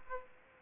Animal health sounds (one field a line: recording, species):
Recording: mosquito wingbeat signal from an infrared sensor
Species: Aedes aegypti